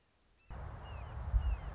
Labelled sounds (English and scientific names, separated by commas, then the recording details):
Red-shouldered Hawk (Buteo lineatus)
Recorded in Sonoma County, California